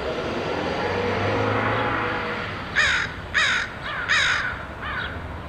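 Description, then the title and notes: Crow cawing four times in rough, grating bursts after a passing vehicle's rumbling whoosh fades away. Crows recorded in Portland, Oregon, in August 2003. "Dronecast: Crows of Portland. Crows recorded by Dan Bodah in Portland, OR, August 2003"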